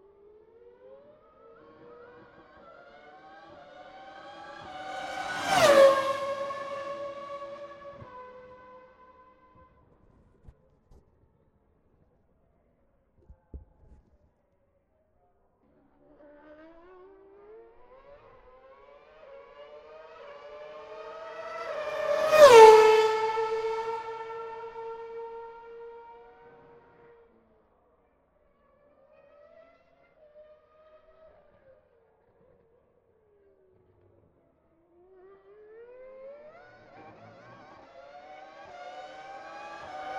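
Formula 1 V8 and V10 cars scream past one at a time, each whine rising as it approaches and dropping sharply at the pass, around six and twenty-two seconds. Near-silence with a few faint clicks fills the gaps, and a third car builds toward the end.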